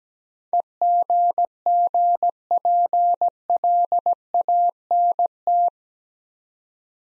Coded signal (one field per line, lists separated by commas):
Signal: Morse code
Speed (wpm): 17 wpm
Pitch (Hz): 700 Hz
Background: none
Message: EGGPLANT